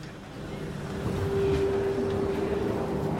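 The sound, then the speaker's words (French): An RER commuter train rumbles along with a steady low roar and a sustained mid-pitched hum that swells slightly partway through, with no voices. “Aujourd'hui, troisième épisode, on monte dans le RER.”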